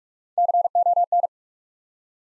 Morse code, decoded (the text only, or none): CON